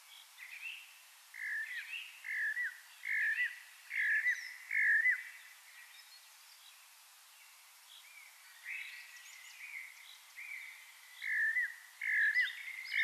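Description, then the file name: Eurasian blackbird song, fairly soft: short warbled phrases around mid pitch, repeated in bursts with pauses, some brief high squeaks between them. "Turdus merula"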